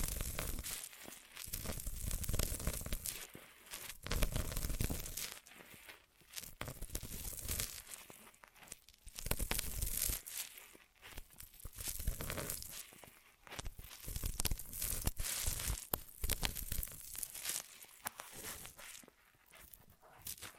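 Ear massage triggers: bursts of crinkly, scratchy rubbing that swell and fade every second or two, with short quiet gaps between strokes.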